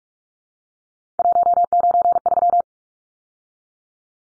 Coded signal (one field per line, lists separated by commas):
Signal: Morse code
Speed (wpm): 44 wpm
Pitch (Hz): 700 Hz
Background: none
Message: 193